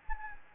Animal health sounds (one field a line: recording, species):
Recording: mosquito wingbeat signal from an infrared sensor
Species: Anopheles gambiae